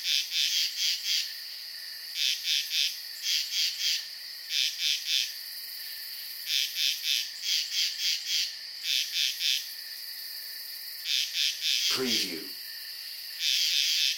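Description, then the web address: Night insects chirping in rhythmic groups of high pulses over a steady trilling background, with one brief falling sound near the end. Night ambience. "sound-effects-bible Night Insects Frogs"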